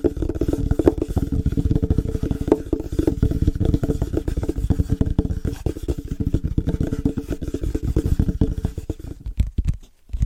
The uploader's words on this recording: ASMR Fast & Rhythmic Tapping On Different Surfaces (No Talking).